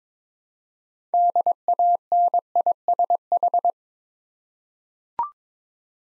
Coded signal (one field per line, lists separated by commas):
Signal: Morse code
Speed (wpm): 22 wpm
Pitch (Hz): 700 Hz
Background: none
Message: DANISH